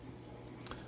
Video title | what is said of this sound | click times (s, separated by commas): Porsche Key Cover Kit | And then same thing, and that one already popped in as well. | 0.6 s, 0.7 s